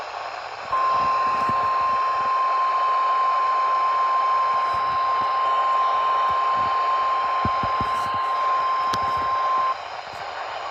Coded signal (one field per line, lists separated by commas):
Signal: Emergency Alert System (SAME) tones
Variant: 1050 Hz attention tone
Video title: EAS Alerts from the rest of August 20 2026 EAS 1,148-1,153